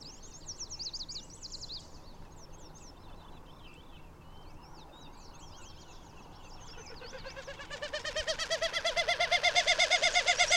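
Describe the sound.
Bird song: high twittering chirps for several seconds, then a loud series of harmonic notes repeated about three times a second, growing stronger to the end.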